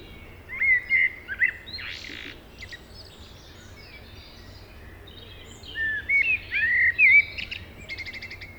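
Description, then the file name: Common blackbird singing mellow whistled phrases that slide up and down, each closing with a thin scratchy flourish; a pause of several seconds between the two phrases. "Turdus merula"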